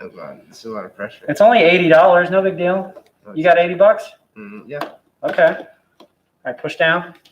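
A memory module is being handled over a motherboard slot, ready to be pushed down into it, while people talk throughout. Only speech is heard, with no distinct click, and nothing has seated or clicked yet.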